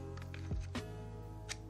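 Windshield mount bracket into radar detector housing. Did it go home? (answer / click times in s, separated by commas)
no / none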